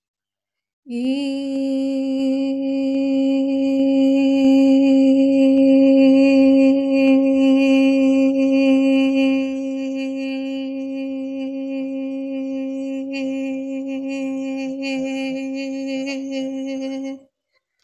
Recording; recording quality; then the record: sustained vowel as in beet; excellent, no background noise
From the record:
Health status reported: healthy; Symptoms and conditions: none ticked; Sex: female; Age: 28 years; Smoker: not ticked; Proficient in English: yes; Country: India